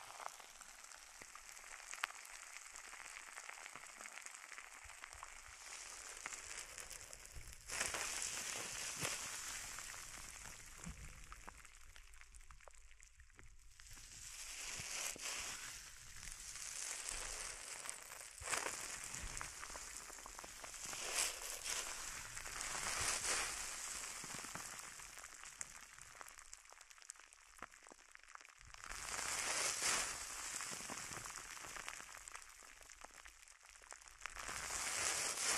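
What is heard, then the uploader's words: Bubble wrap and a sponge being handled, a dense crackling of tiny pops and squeaks that comes in bursts rather than a steady stream. Bright, busy stretches swell and fade every few seconds, with brief quieter gaps around 12, 27 and 33 seconds. Bubble Wrap, Sponge.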